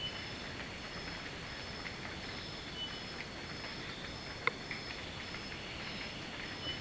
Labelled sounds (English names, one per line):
none